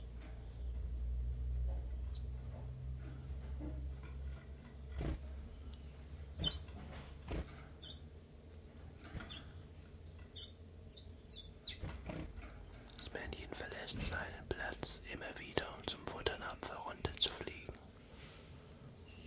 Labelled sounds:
Common Chiffchaff

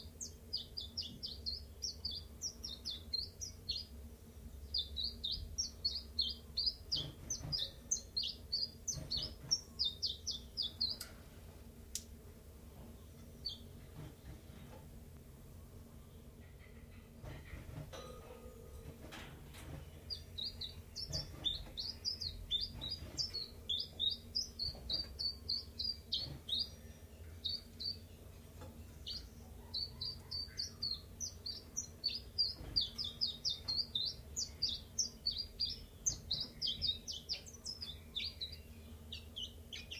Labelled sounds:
Common Chiffchaff

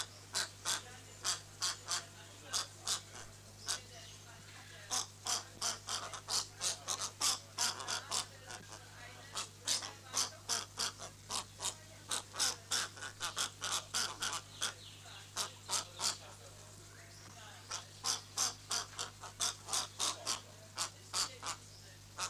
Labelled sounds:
Whistling Heron

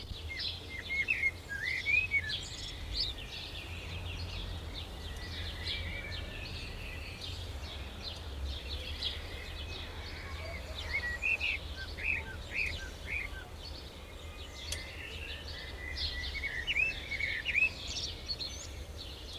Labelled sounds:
Common Blackbird song

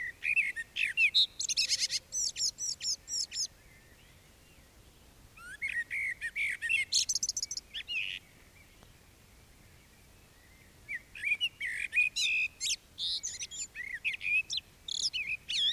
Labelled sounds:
Common Blackbird song

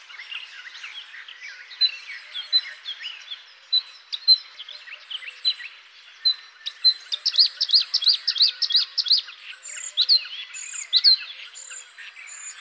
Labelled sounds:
Bluethroat song

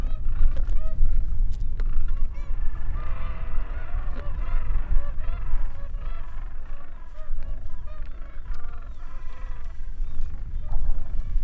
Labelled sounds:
Gentoo Penguin call

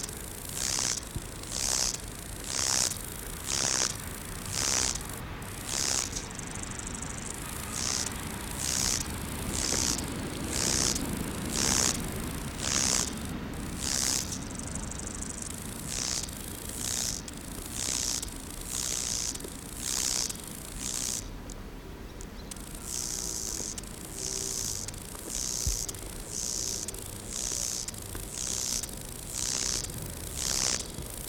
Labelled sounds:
Lesser Marsh Grasshopper stridulation

